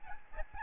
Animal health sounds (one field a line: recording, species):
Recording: mosquito wingbeat signal from an infrared sensor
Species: Aedes albopictus